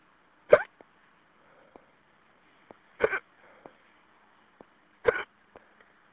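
Three abrupt gulping hiccups, roughly every two to two and a half seconds, in an adult, heard over a faint phone-line hiss on a phone message.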